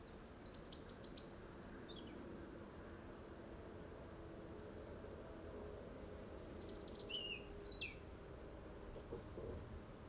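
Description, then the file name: European robin song opening with a rapid run of very high, thin notes, then quieter scattered squeaky phrases after a pause, with faint low hum beneath. "Erithacus rubecula"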